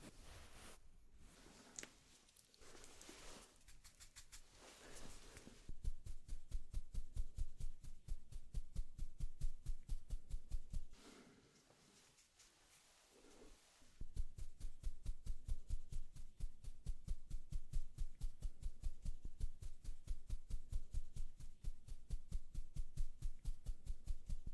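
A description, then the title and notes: Makeup sounds begin with soft swishing brush strokes, then give way to fast, steady tapping that pauses briefly mid-clip before resuming. ASMR Doing Your Makeup , Pure Sounds , No Talking.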